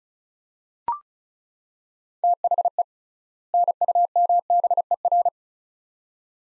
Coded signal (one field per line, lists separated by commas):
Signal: Morse code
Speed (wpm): 36 wpm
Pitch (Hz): 700 Hz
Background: none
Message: THE NUMBER